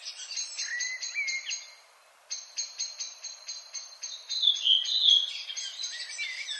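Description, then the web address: Redwing song, high chattering phrases of evenly repeated dry notes and lower squeaky slurs, a short silence, then busier, louder twittering. "HGW birds \ \aves Rodvingetrast"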